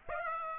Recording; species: mosquito wingbeat signal from an infrared sensor; Aedes aegypti